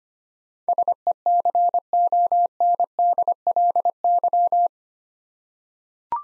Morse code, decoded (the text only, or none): SECONDLY